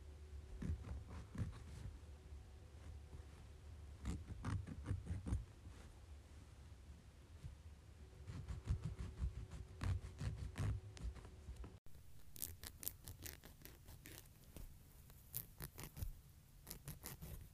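Nails being cut and filed, heard as bursts of sharp, crisp clicks and scratchy strokes in quick runs, with quieter pauses between them. A low steady rumble sits underneath, and a faint hum shows in the first twelve seconds. Near twelve seconds it cuts abruptly to a thinner, brighter stretch of rapid scraping.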